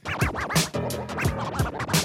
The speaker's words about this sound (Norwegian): Stopp og scratch!